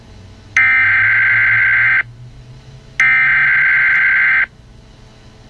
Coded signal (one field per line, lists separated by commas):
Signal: Emergency Alert System (SAME) tones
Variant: header bursts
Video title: EAS Scenario. The Martian Mystery